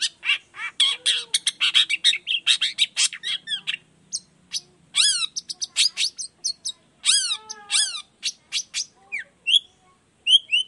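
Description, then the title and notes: Long-tailed shrike song mixing fast scratchy chatter with slurred, downward mewing notes and brief whistled fragments, varied and energetic throughout. Persistently singing bird recorded in the morning, voice variations with 'toet toet' notes, used as a lure to make other shrikes of any kind reply quickly. "Cendet Gacor Dor Di Kala Pagi Toet Toet Variasi Suara. Cendet Gacor Efektif Pancingan Buat Cendet Jenis Apapun Agar Cepat Nyaut Buka Paruh. Burung cendet"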